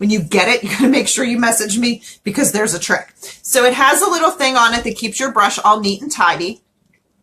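Someone talks while handling a small plastic guard on a makeup brush applicator, which slides down to lock into place and keep the brush neat. The talking runs until about 6.6 s, followed by near silence with only a faint short tick around 6.9 s. Nothing has seated or clicked yet, and the guard is not yet locked home.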